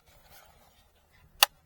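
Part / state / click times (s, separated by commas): wireless charger module into center console trim / seated / 1.4 s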